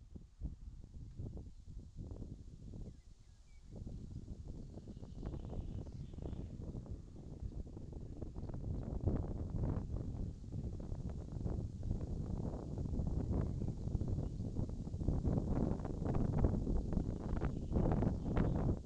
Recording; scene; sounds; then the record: everyday scene through a hearing-aid microphone; wind on the microphone; wind, birds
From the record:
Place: in front of a rural house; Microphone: in the ear canal, left